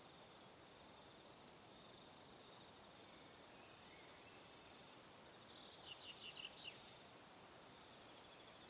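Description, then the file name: Cricket chirping as a steady high-pitched trill with fine rapid pulses throughout, a few faint brief notes in the second half, over low background hiss. Crickets chirping in the evening. "Calm - Evening Crickets"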